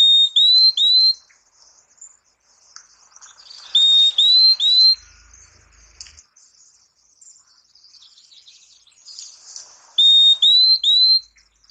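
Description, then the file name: Purple-throated euphonia song: bright, high whistled notes that slur upward, delivered in quick bursts of three, repeated three times, with soft twittering in the background. "Canto do Fim fim"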